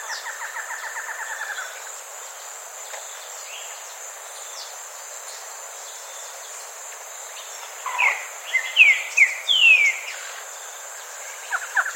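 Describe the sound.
Bird call: a fast pulsed trill at the start, later a few quick sweeping chirps, with a constant high hum behind.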